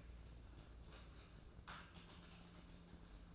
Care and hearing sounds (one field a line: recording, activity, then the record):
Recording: daily activity, microphone in the room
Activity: typing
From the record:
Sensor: 2